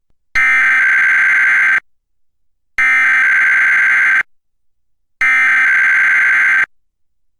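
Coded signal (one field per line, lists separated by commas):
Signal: Emergency Alert System (SAME) tones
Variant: header bursts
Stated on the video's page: Required Weekly Test relayed by a digital TV subchannel, recorded with a digital tuner and recorder onto a USB drive.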